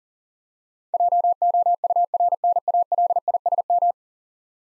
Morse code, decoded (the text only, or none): JOURNALISM